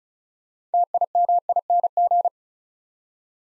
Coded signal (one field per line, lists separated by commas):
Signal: Morse code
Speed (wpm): 36 wpm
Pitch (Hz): 700 Hz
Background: none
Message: TIMING